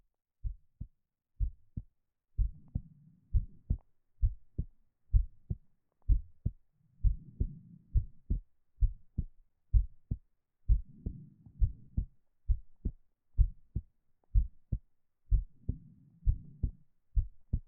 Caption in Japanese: 心臓がトクントクンとなる音を聞いていると、不思議と眠くなるんですよ。